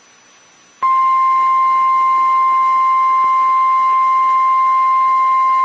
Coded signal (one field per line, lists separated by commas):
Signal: Emergency Alert System (SAME) tones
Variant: 1050 Hz attention tone